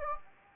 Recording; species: mosquito wingbeat signal from an infrared sensor; Anopheles gambiae